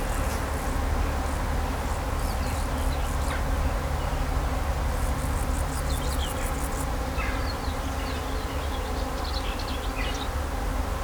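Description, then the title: Bees buzzing in a steady, dense hum throughout, with scattered high bird chirps and trills and a low rumble of road traffic underneath. Bees buzzing among grapevines in vineyards at Kallstadt, Germany, in rural countryside, with birds singing and road traffic noise in the background. "In Kallstadt summen die Bienen"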